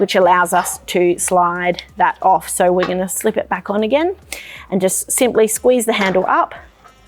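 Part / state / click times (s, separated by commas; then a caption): detachable handle onto a camping fry pan / not seated / none. Someone talks while a detachable handle is slid off a square aluminium camping fry pan and then slipped back on and squeezed up toward its latch, with only faint handling noise under the speech. The clip ends before the handle goes home, so nothing has seated or clicked yet.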